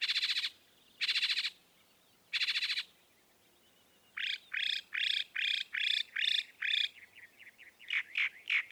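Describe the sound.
Northern mockingbird giving three harsh rasping bursts, then a series of sharp chirps in quick succession.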